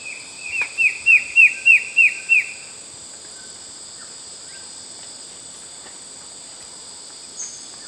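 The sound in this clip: Bird call: seven bright down-slurred chirps repeated at a quick steady pace, over a continuous high-pitched background drone.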